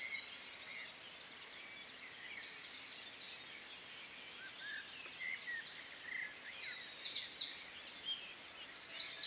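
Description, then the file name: Eurasian wren song: quiet, faint twitters at first, then from about six seconds a loud, very high run of fast trills and sharp notes to the end. "Troglodytes troglodytes"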